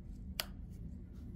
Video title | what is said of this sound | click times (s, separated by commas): Apple Vision Pro - How to Set Up & Turn On! | Dan you here it snap in | 0.4 s